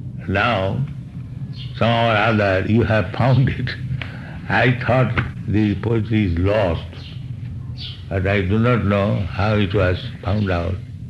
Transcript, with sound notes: Now somehow or other you have found it. [laughs] I thought the poetry is lost, but I do not know how it was found out